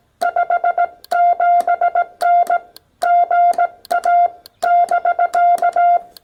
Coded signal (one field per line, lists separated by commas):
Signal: Morse code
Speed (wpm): 18 wpm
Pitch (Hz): 700 Hz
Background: none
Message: 57N GA<BK>